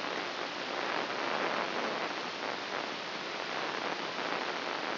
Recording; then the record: brain microelectrode recording played as sound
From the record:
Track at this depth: inside the subthalamic nucleus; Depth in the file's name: 1.131 mm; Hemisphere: right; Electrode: 3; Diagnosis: Parkinson's disease